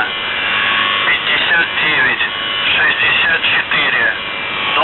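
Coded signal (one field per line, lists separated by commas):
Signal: numbers station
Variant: UVB-76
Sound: a voice speaking through band-limited, noisy shortwave audio, with no buzzer tones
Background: radio static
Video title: The Buzzer/UVB-76(4625Khz) May 11th, 2023 Voice messages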